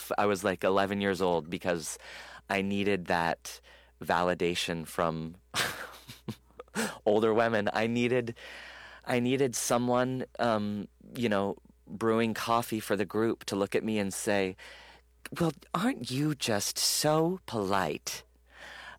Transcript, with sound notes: I was, like, 11 years old - because I needed that validation from (laughter) older women. I needed someone, you know, brewing coffee for the group to look at me and say, well, aren't you just so polite?